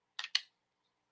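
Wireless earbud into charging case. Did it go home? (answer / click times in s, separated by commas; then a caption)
yes / 0.4 s. A wireless earbud is dropped into its charging case, and a magnet pulls it into the slot. A short clatter at about 0.2 s is followed by a sharper snap at 0.4 s as the earbud seats in place. The speaker notes this keeps the earbuds from getting lost.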